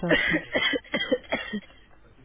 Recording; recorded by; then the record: voluntary cough; telephone call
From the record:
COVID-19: negative